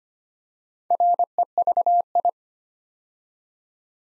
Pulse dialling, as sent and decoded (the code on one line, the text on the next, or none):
none